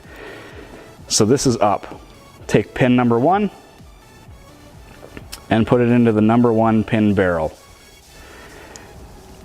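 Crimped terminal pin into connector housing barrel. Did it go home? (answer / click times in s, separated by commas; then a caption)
yes / 8.8 s. Someone talks while crimped terminal pin number 1 of a wire harness for an NSV hood light bar install on a Toyota Tundra is pushed into the number 1 pin barrel of a connector housing. A short, sharp click sounds at 8.8 s as the pin seats.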